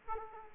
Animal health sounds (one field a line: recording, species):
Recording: mosquito wingbeat signal from an infrared sensor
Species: Aedes aegypti